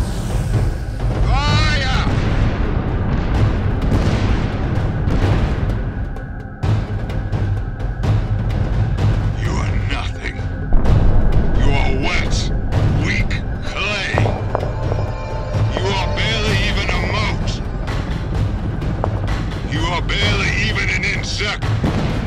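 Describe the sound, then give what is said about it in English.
The 14th Battery fires its cannons in a loud, relentless barrage: heavy booms overlap with crackling blasts and a constant low rumble, with indistinct voices buried in the din. “Fire! 14th Battery! Load siege crackers!”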